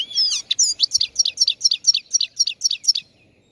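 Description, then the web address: Chegolín song: a slurred whistle, then a fast, even series of many repeated high twittering notes. Morning song, on the roof of a house. "el canto matutino del chegolin en el tejado de casa"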